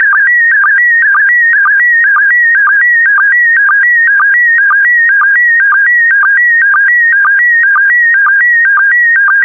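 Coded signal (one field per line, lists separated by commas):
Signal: SSTV (slow-scan television)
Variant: PD120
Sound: continuous warbling tone stepping between pitches, with a short low blip about twice a second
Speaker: complete. You can now check your decoded image against the picture that is shown on the video.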